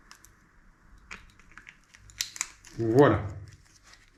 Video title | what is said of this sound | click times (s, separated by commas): 11. Dépose du tendeur de chaîne de transmission primaire. | Voilà, il est encliqueté, ça permet une certaine retenue du tendeur de chaîne. | 2.2 s, 2.4 s